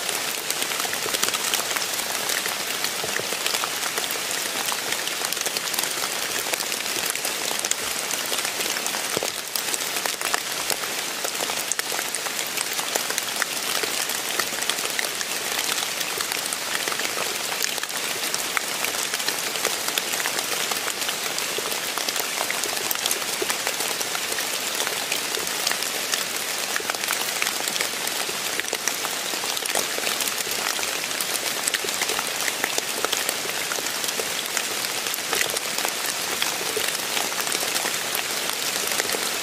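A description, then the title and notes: Light rain falls steadily, a dense, even hiss of countless small drops with no real pauses or swells across the whole stretch. The sound sits bright and fine-grained, with little low rumble beneath it and no other sounds standing out. Light Rain.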